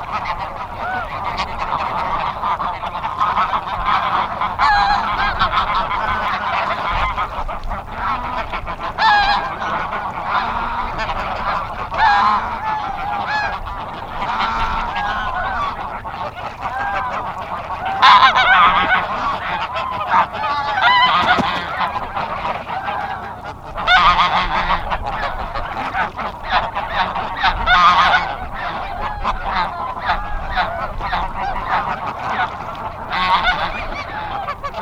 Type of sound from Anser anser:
call